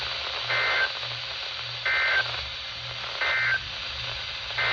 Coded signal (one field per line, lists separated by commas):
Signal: Emergency Alert System (SAME) tones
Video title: The Wild Alertfest - Alerts from 7/15/24 - 7/17/24 (EAS #1144 - 1163)